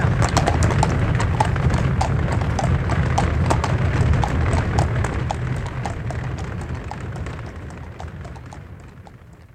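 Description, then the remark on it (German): Hooves of a horse-drawn carriage clip-clop in a steady, brisk rhythm over a low rumble of rolling wheels, gradually fading away toward the end. No one speaks. “du versäumst noch die Kutsche, du beeil dich doch!”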